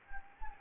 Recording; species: mosquito wingbeat signal from an infrared sensor; Anopheles gambiae